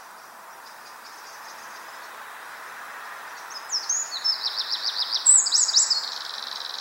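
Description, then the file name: Eurasian wren giving a high, thin trilled phrase in the second half, with fast repeated buzzy elements over a steady background hiss. "Troglodytes troglodytes"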